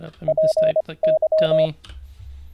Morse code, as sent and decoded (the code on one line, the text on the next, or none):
.--. -.--
PY